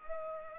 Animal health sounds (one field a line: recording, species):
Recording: mosquito wingbeat signal from an infrared sensor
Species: Culex pipiens